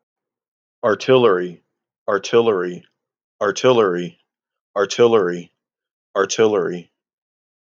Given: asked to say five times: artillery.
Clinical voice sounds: repeated word; male; 30 to 39 years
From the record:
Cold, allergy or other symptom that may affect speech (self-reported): no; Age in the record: 35 years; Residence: Tennessee, United States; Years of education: 13

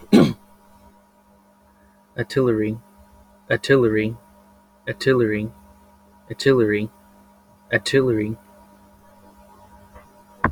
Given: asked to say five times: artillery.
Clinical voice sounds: repeated word; male; 20 to 29 years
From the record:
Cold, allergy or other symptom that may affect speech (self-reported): no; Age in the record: 24 years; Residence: New York, United States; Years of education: 0

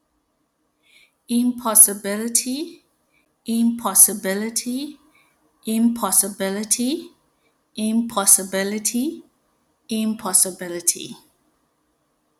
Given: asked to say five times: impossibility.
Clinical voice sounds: repeated word; female; 30 to 39 years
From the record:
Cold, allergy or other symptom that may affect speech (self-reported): no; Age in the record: 35 years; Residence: Texas, United States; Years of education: 18

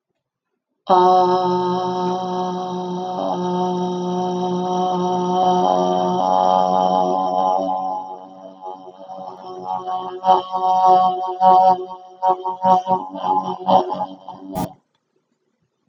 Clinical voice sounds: vowel held as long as possible; female; 50 to 59 years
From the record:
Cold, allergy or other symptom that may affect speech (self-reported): no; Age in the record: 53 years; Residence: Texas, United States

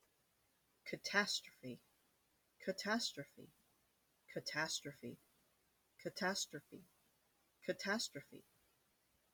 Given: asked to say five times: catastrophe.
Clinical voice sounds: repeated word; female; 30 to 39 years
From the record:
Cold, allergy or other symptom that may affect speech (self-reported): no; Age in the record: 30 years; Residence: Iowa, United States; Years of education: 12

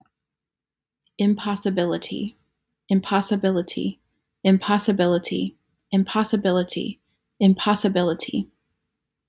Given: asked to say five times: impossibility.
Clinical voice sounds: repeated word; female; 20 to 29 years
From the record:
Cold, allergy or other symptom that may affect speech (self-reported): no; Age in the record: 29 years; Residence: Virginia, United States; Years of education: 18

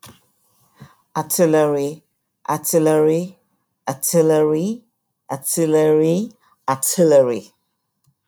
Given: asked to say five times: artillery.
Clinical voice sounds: repeated word; female; 50 to 59 years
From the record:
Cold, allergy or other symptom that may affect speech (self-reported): no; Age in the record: 52 years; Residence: California, United States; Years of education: 16

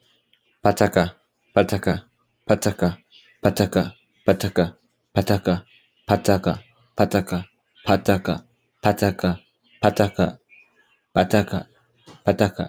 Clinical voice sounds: repeated syllables /pa ta ka/; male; 20 to 29 years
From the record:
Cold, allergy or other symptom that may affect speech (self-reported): no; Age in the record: 23 years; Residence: Texas, United States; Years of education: 14

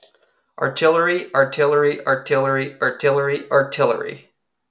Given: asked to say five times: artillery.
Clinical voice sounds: repeated word; female; 30 to 39 years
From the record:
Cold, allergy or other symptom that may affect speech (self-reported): no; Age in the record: 33 years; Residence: Virginia, United States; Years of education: 16

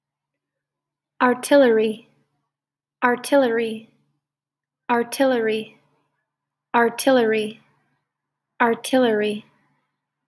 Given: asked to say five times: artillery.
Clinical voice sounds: repeated word; female; 20 to 29 years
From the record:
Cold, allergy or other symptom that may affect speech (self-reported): no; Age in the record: 24 years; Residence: Indiana, United States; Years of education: 18

